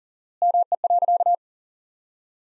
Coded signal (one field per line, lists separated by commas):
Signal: Morse code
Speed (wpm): 40 wpm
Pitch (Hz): 700 Hz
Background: none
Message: ME.